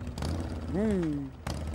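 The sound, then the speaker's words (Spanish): A Harley-Davidson motorcycle engine rumbles low and steady at idle, with one brief rev that swells up in pitch and then sinks back down. “Con la Harley suena bien.”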